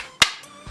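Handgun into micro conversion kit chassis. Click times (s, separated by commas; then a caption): 0.2 s. With the release button pressed, the chassis of a CAA MCK micro conversion kit is slid forward around a Smith & Wesson M&P 2.0 pistol until it locks. A single sharp, loud click sounds at 0.2 s, followed by a softer low thump near the end. The pistol is seated and locked securely in the chassis.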